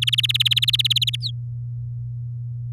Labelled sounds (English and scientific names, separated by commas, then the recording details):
Domestic Canary (Serinus canaria) song
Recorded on 8 May 2018 at 06:21
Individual llb16